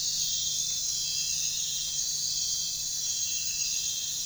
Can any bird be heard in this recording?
no